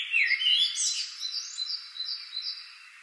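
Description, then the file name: Common blackbird song: a brief mellow fluted phrase at the start, followed by a run of evenly repeated high chirping notes that fade out. "Turdus merula"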